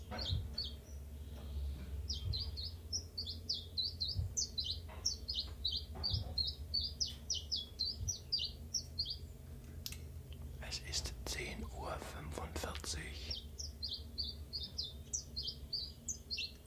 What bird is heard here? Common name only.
Common Chiffchaff